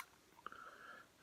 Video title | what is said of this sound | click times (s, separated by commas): Ijoy tornado rta review and wicking tutorial | it's got a little locking mechanism so when you put the top back on turn it locks into place | 0.5 s